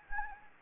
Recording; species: mosquito wingbeat signal from an infrared sensor; Anopheles gambiae